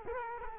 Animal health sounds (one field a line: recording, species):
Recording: mosquito wingbeat signal from an infrared sensor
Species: Culex quinquefasciatus